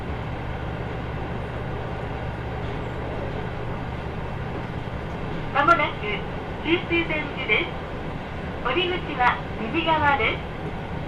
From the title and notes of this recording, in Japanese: 豊肥本線 九州横断特急3号 熊本→立野。列車はキハ185系の2両編成、しかもワンマン運転です。自由席と指定席が1両ずつ、自分は指定席のほうに座ります。